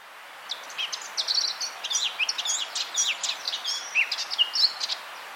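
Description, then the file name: Eurasian blackcap song, a rapid, continuous warble of varied chirps and short whistled notes, scratchy and high-pitched, over steady background hiss. "Sylvia atricapilla"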